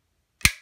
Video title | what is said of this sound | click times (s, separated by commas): Sig Sauer P320 red dot sight installation | we're gonna tighten these up you'll hear it click just | 0.4 s